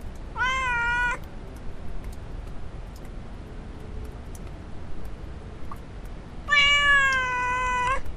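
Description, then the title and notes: Domestic cat giving two long, steady meows, one near the start and one near the end, separated by several seconds of quiet with faint ticking sounds. A little cat meowing, field recording in the village of Alvoco das Várzeas, Oliveira do Hospital, Portugal. "gato do braçal. gravacao de campo na aldeia de alvoco das varzeas, oliveira do hospital o miar de um gato no bracal field recordings in alvoco das varzeas, portugal the sound of a little cat"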